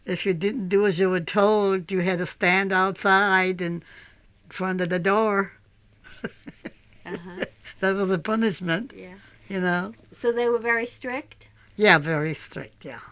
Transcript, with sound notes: if you didn't do as you were told you had to stand outside in front of the door. ( she laughs ) That was the punishment, you know.
So they were very strict?
Yeah, very strict, yeah.